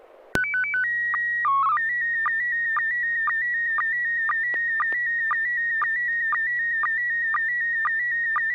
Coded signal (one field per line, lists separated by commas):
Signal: SSTV (slow-scan television)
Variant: PD 120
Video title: N6NA SSTV Net - 07/31/2024